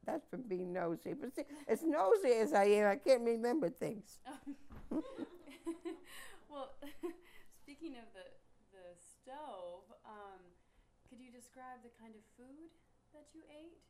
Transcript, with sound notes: That's for being noisy, as noisy as I am, I can't remember things. (laughs)
Well, speaking of the stove, could you describe the kind of food that you ate?